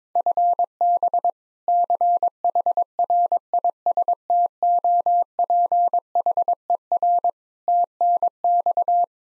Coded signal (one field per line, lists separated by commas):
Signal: Morse code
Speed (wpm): 22 wpm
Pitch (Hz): 700 Hz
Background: none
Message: FB CHRISTOPHER TNX